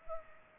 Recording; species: mosquito wingbeat signal from an infrared sensor; Culex pipiens